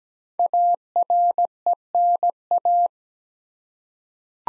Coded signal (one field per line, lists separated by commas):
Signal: Morse code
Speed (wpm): 17 wpm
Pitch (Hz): 700 Hz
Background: none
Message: ARENA